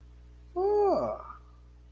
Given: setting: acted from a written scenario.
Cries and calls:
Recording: vocal sound without words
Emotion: interest

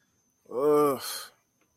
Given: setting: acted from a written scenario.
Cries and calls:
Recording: vocal sound without words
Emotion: shame

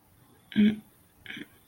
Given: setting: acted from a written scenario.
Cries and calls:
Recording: vocal sound without words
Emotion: embarrassment

